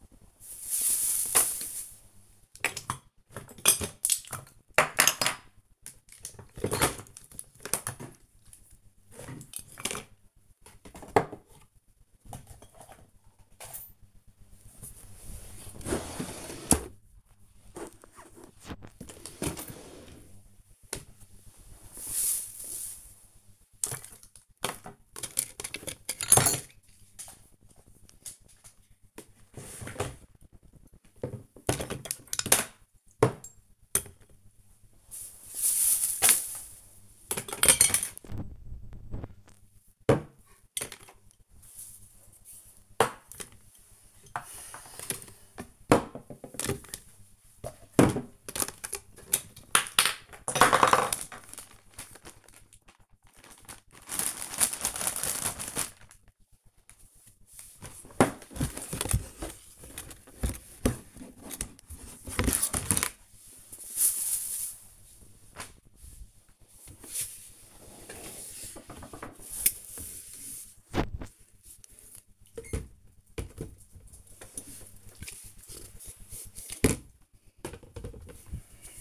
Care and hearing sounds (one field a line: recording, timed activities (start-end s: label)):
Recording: household activities, microphone on the right wrist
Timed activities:
0.00-61.11 s: tidy up the cupboard